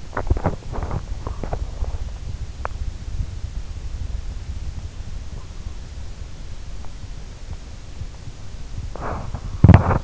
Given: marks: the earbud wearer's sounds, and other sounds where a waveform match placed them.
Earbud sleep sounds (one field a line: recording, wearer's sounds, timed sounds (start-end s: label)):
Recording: sounds in sleep by an in-ear microphone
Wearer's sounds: body movement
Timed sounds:
0.07-1.99 s: body movement
8.89-10.04 s: body movement